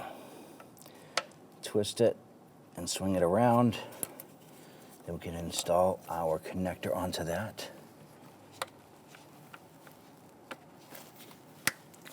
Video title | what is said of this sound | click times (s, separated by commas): How to Replace Valve Covers 2011-2021 Jeep Grand Cherokee 3.6L V6 | Press it on, you can feel it and hear it click into place. | 11.7 s